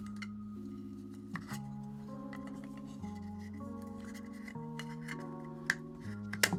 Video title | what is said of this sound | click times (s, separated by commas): Bose QuietComfort Ultra Right Hinge Swivel Replacement Guide | and that should just click right into place | 5.7 s, 6.4 s